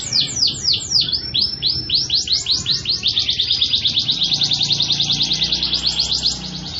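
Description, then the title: Canary song: a string of rapid, downward-slurred whistled notes, then a long, fast, even, high trill. Local canary, a vigorous singer with a luxurious song phrasing style (cengkok), described as being of national-champion quality. "Cengkok Kenari Mewah"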